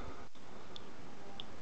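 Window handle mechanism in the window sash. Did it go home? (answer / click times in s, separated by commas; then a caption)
yes / 1.4 s. While the safety catch is held pressed, the window handle on the window sash is turned up to the horizontal position. A sharp, short click sounds at 1.4 s as the tilt-lock mechanism snaps back into its correct position and seats.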